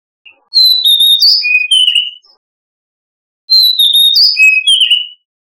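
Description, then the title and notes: Oriental magpie-robin song: two loud whistled phrases of sliding notes between high and mid pitch, separated by about a second of silence. "Kicau Burung Kacer"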